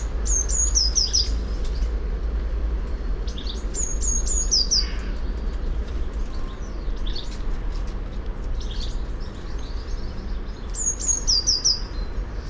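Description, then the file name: Eurasian blue tit repeating a series of thin, high descending notes three times, with faint other chirps over a low continuous rumble. "Cyanistes caeruleus"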